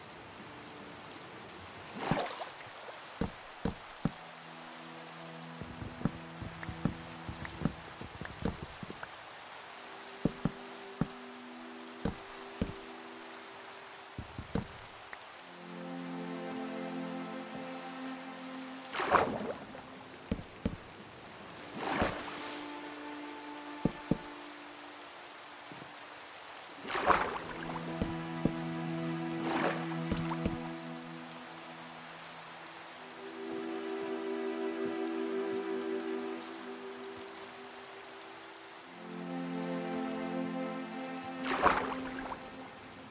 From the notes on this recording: the rain, the mining and building of blocks, the sea and all the other sounds that the world brings